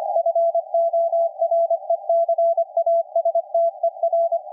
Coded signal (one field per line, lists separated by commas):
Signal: Morse code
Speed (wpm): 25 wpm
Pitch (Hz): 670 Hz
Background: none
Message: FORECASTER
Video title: KPH San Francisco Radio. California. USA. 17.016 5 kHz CW. RSPdx. SdrUno. Fldigi.